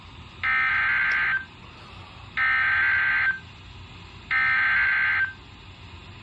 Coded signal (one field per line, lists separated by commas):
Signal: Emergency Alert System (SAME) tones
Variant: header bursts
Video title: (RARE) quadruple header EAS Alerts